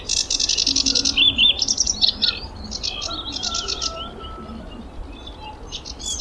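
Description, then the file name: Thrush nightingale singing a dense burst of fast, high rattling notes that slow into looser clicks and a thin sustained whistle before fading quieter. Song recorded in May 2026. "noordse nachtegaal zang mei 2026"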